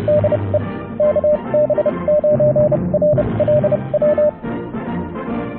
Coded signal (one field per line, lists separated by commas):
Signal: Morse code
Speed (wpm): 30 wpm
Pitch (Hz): 600 Hz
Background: music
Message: DE KB9RLW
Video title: Ham Radio - You tube channels I visit often.